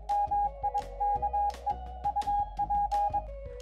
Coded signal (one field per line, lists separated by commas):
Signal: Morse code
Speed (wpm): 22 wpm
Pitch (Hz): 820 Hz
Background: music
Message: MIKE UP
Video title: QMX radio finally fixed! Real life activation on Kagel Mountain | Summits on the Air